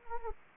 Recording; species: mosquito wingbeat signal from an infrared sensor; Anopheles gambiae